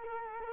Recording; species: mosquito wingbeat signal from an infrared sensor; Culex quinquefasciatus